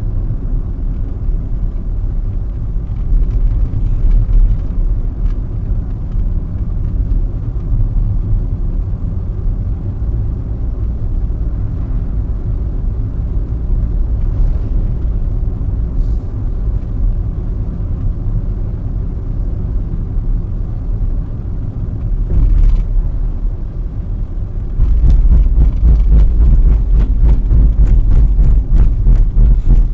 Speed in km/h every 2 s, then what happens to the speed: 40, 40, 42, 41, 40, 42, 42, 43, 43, 43, 40, 40, 40, 37, 30.
0-25 steady at about 41. 25-30 slows to 30.